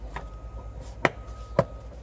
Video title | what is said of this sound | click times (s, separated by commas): Heater core replacement 2007 Chevrolet HHR Overview dash removal evaporator | clicking it out of here just | 1.1 s, 1.6 s